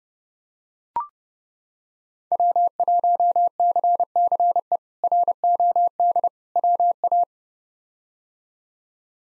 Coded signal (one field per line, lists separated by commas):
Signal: Morse code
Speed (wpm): 30 wpm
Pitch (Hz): 700 Hz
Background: none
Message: W1CCE ROD WA